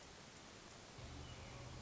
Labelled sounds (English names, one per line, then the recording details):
Hermit Thrush
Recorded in Sonoma County, California